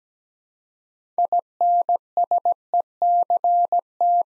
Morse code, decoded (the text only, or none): INSECT